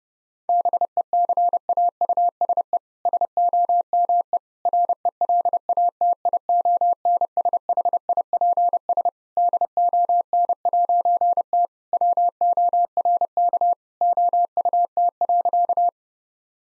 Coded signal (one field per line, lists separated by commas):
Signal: Morse code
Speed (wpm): 30 wpm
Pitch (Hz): 700 Hz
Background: none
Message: BECAUSE SOME RELATIONSHIPS DON'T WORK OUT.